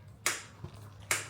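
The magnetic snap closure on the flap of a Saint Laurent Denim Small Loulou Puffer Bag, made of denim and leather with gold hardware, is pressed shut. Two sharp, bright snaps sound at 0.3 s and 1.1 s over a low steady hum, with a faint soft knock between them. The magnet seats and holds the flap firmly closed.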